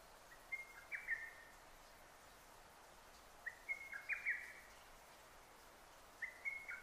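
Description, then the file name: Lesser cuckoo song: three quick staccato whistled phrases, each a tumbling run of sharp notes, spaced about three seconds apart over a quiet hiss. Recorded 6 June 2009. "hototogisu-20090606"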